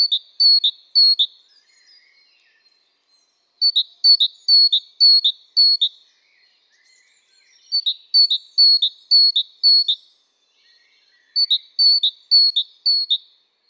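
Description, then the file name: Great tit singing in runs of ringing two-note phrases, separated by short silences. "Parus major"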